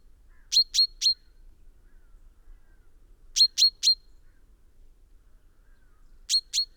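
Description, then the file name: Common chaffinch with short, ringing call notes delivered in a triplet, another triplet, then a closing pair, each group spaced nearly three seconds apart. "Fringilla coelebs"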